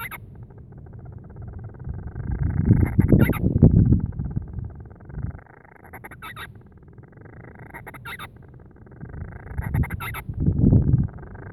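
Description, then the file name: Band-rumped storm petrel with a series of purring, upward-sliding churrs each capped by sharp squeaks, interrupted by bursts of heavy low rumble. "Band-rumped-Storm-Petrel-Oceanodroma-castro Grants"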